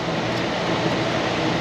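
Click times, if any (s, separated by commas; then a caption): none. A replacement part is moved into position in its mount on the drivetrain of a Jeep XJ 4x4 with a 4.0 L6, before being pushed in. Only a steady broadband hum is heard, with no hits or distinct clicks. Nothing has seated or clicked yet.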